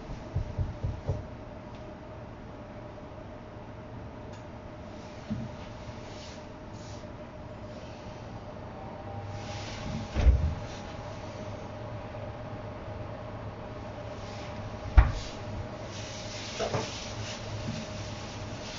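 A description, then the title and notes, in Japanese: Someone prepares a sake-lees bed for pickling, with a steady low hum underneath. Scattered knocks and clatters of containers and utensils come at the start, around 5 and 10 seconds, then a sharp bang near 15 seconds and another handling sound soon after. キッチンでの物音。粕漬けを作るための粕床を作っています。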